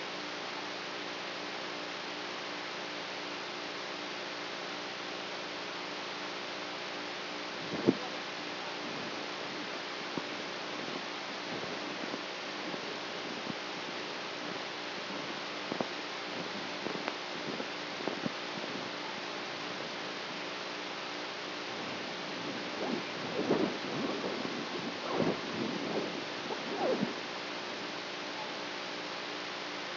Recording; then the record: brain microelectrode recording played as sound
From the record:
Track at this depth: outside the subthalamic nucleus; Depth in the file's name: 1.006 mm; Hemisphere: right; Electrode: 3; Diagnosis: Parkinson's disease